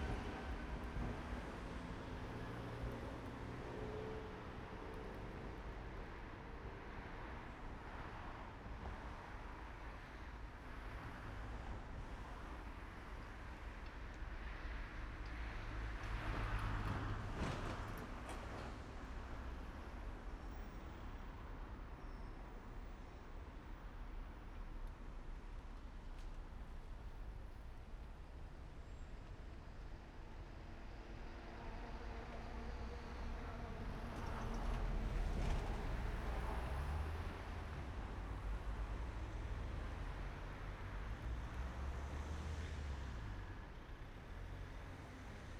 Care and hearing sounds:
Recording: everyday scene through a hearing-aid microphone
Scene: in traffic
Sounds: traffic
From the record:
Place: main road on the outskirts, rush hour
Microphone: behind the ear, right, front

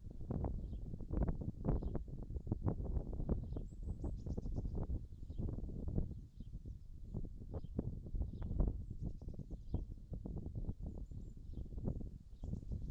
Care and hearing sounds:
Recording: everyday scene through a hearing-aid microphone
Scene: wind on the microphone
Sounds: wind, birds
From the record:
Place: in front of a rural house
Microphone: in the ear canal, left

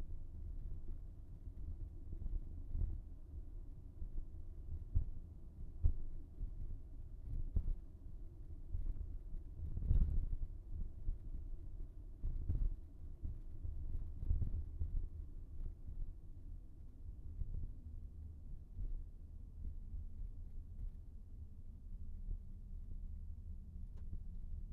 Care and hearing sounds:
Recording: everyday scene through a hearing-aid microphone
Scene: in a vehicle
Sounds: engine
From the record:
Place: VW T5 Caravelle, diesel engine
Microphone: behind the ear, right, front

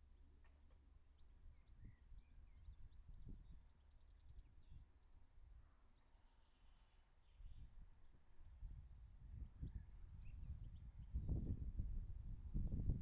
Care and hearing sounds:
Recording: everyday scene through a hearing-aid microphone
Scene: wind on the microphone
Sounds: wind, birds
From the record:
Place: in front of a rural house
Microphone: behind the ear, left, rear

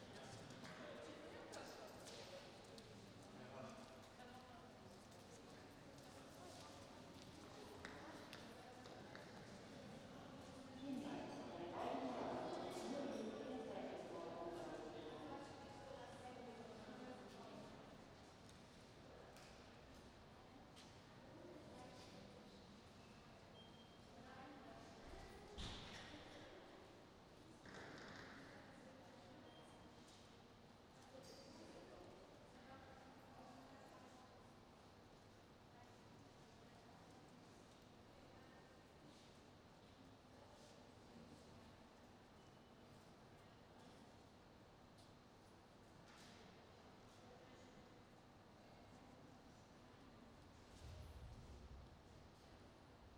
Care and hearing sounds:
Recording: everyday scene through a hearing-aid microphone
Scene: reverberant space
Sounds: background noise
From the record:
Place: railway station hall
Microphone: in the ear canal, right

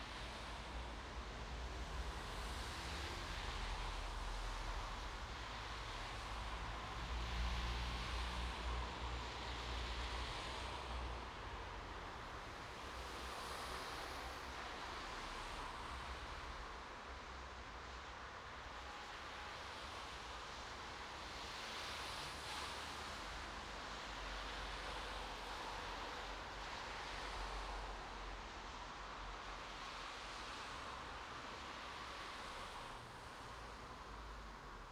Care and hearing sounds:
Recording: everyday scene through a hearing-aid microphone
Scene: in traffic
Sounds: traffic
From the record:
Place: bus stop on a city main road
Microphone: in the ear canal, right

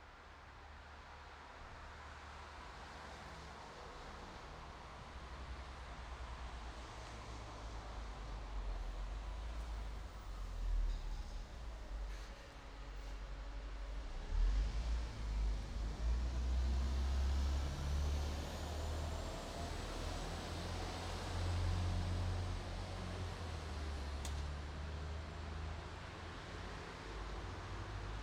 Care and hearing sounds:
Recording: everyday scene through a hearing-aid microphone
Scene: in traffic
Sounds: traffic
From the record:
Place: bus stop on a city main road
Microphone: in the ear canal, right

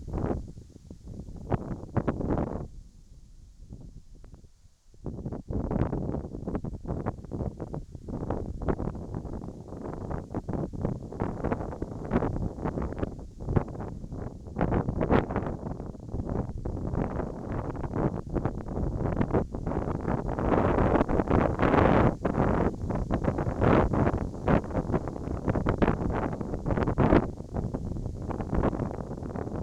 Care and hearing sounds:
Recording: everyday scene through a hearing-aid microphone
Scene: wind on the microphone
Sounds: wind, whistling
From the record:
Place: in front of a rural house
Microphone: in the ear canal, right

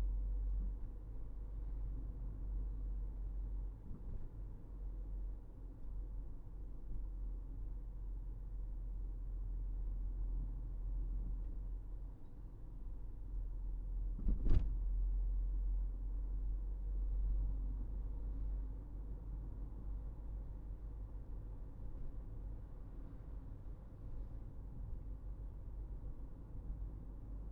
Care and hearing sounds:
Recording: everyday scene through a hearing-aid microphone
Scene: in a vehicle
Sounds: engine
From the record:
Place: Berlingo II, diesel engine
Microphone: behind the ear, right, front

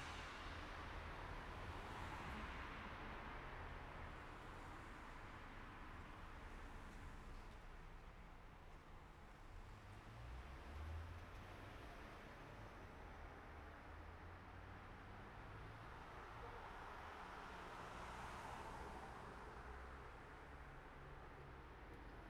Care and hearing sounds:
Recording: everyday scene through a hearing-aid microphone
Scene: in traffic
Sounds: traffic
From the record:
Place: city secondary road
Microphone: behind the ear, right, rear

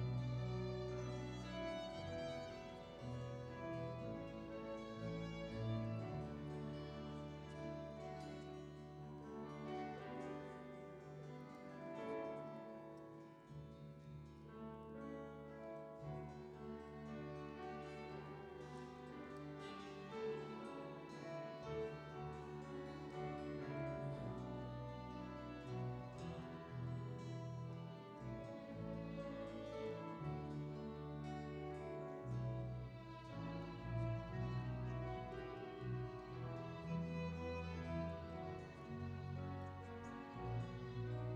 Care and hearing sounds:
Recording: everyday scene through a hearing-aid microphone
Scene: reverberant space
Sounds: music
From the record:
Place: church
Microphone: in the ear canal, right

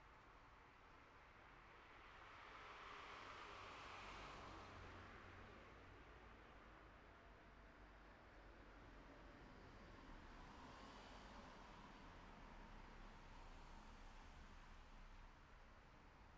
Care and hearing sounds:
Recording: everyday scene through a hearing-aid microphone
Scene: in traffic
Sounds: traffic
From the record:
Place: city secondary road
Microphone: behind the ear, left, rear

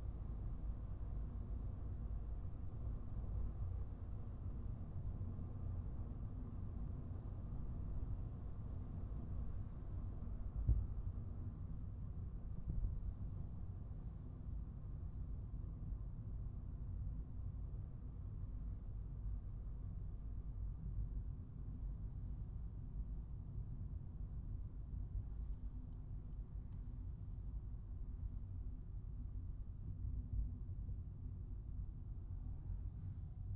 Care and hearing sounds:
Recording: everyday scene through a hearing-aid microphone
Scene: in a vehicle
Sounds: engine, highway driving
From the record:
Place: Skoda Fabia, gasoline engine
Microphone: behind the ear, right, front

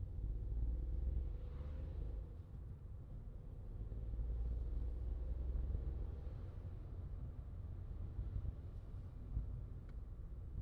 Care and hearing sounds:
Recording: everyday scene through a hearing-aid microphone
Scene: in a vehicle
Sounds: engine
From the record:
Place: Skoda Fabia, gasoline engine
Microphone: in the ear canal, left

